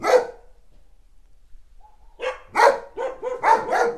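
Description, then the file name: Dog gives one bark, pauses about two seconds, then a quick burst of several barks in a row. "sobaka"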